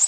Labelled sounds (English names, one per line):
Orange-crowned Warbler flight call